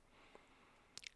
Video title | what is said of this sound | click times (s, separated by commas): New Price Drop Gift Zone & Pro Sections @ Lowes | So you guys do see I'm doing this one-handed. Very easy to see. It snaps into place. | 1.0 s, 1.1 s